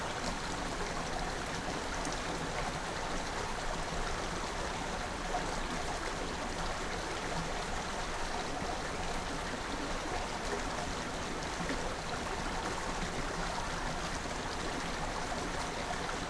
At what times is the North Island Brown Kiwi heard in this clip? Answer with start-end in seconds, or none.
none